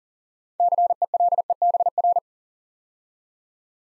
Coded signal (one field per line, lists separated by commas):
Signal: Morse code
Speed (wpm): 41 wpm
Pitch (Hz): 700 Hz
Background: none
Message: CELEBR